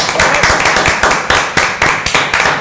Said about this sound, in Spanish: ¡Un fuerte aplauso para